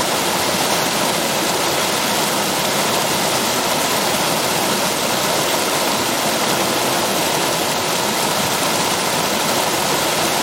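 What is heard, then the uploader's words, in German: A mountain stream rushes steadily, a dense, unbroken hiss of running water with a soft low rumble and no pauses or changes. Running water. Gebirgsbach.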